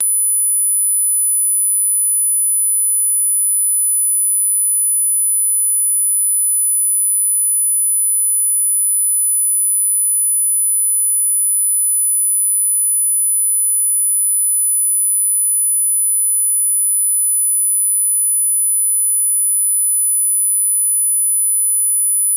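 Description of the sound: A steady, very high-pitched whine holds unchanged for about 22 seconds at low volume, with a few fainter tones beneath it. It is a sound-effect simulation of tinnitus (acúfeno), the constant ringing some people hear without any outside source.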